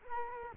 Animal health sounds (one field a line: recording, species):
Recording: mosquito wingbeat signal from an infrared sensor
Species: Culex quinquefasciatus